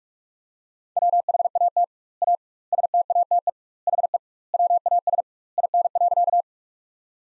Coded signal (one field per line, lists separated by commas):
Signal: Morse code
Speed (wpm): 48 wpm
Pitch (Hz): 700 Hz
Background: none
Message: WHAT A STATE HE WAS IN.